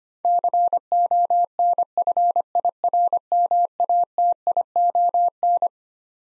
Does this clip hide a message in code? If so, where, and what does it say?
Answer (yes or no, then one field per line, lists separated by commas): yes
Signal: Morse code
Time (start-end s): 0.2-5.7 s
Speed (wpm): 25 wpm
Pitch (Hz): 700 Hz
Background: none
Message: CONFIRMATION